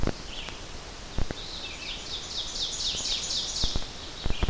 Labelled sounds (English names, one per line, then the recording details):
Ovenbird song
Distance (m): 45 m
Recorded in boreal forest in Alberta, Canada, on 12 June 2016 at 05:57
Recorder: SongMeter 3, array SBT-3-18
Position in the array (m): 231 m, 89 m
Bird 31